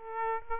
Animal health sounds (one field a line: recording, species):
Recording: mosquito wingbeat signal from an infrared sensor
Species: Aedes aegypti